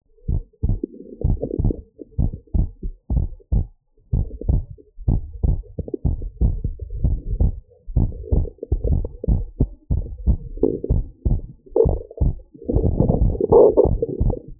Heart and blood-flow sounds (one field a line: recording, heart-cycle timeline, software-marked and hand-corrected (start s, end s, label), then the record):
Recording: heart sounds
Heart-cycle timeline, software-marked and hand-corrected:
0.00	0.30	diastole
0.30	0.42	S1
0.42	0.70	systole
0.70	0.80	S2
0.80	1.24	diastole
1.24	1.38	S1
1.38	1.64	systole
1.64	1.74	S2
1.74	2.18	diastole
2.18	2.32	S1
2.32	2.54	systole
2.54	2.66	S2
2.66	3.12	diastole
3.12	3.26	S1
3.26	3.52	systole
3.52	3.66	S2
3.66	4.18	diastole
4.18	4.28	S1
4.28	4.48	systole
4.48	4.62	S2
4.62	5.08	diastole
5.08	5.20	S1
5.20	5.42	systole
5.42	5.56	S2
5.56	6.06	diastole
6.06	6.18	S1
6.18	6.42	systole
6.42	6.56	S2
6.56	7.02	diastole
7.02	7.18	S1
7.18	7.40	systole
7.40	7.52	S2
7.52	7.96	diastole
7.96	8.10	S1
8.10	8.32	systole
8.32	8.46	S2
8.46	8.86	diastole
8.86	9.02	S1
9.02	9.28	systole
9.28	9.44	S2
9.44	9.92	diastole
9.92	10.04	S1
10.04	10.26	systole
10.26	10.38	S2
10.38	10.90	diastole
10.90	11.04	S1
11.04	11.26	systole
11.26	11.40	S2
11.40	11.84	diastole
11.84	11.98	S1
11.98	12.22	systole
12.22	12.34	S2
12.34	12.74	diastole
12.74	12.92	S1
12.92	13.18	systole
13.18	13.34	S2
13.34	13.84	diastole
13.84	13.98	S1
13.98	14.20	systole
14.20	14.34	S2
14.34	14.60	diastole
From the record:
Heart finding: normal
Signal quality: good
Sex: female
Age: 48 years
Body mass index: 25.7